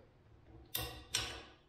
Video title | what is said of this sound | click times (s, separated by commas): Craftsman Garage Door Opener Wear Pad Replacement | push that until it clicks | 0.8 s, 1.1 s